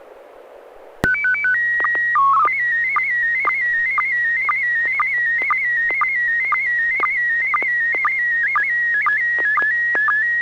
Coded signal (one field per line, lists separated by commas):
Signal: SSTV (slow-scan television)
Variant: PD 120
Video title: N6NA SSTV Net - 10/05/2022